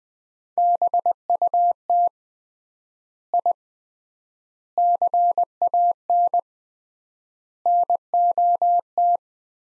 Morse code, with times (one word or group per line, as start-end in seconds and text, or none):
0.6-2.1 BUT
3.3-3.5 I
4.8-6.4 CAN
7.7-9.2 NOT